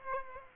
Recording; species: mosquito wingbeat signal from an infrared sensor; Aedes aegypti